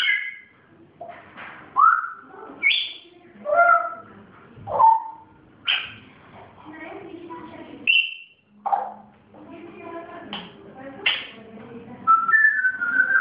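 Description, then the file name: Grey parrot producing a varied run of whistles, squawks and chattering notes, many dropping in pitch, with short pauses between them. Pet grey parrot named Zoro; its first sounds. "moy zoro zhako popugay pervye zvuki"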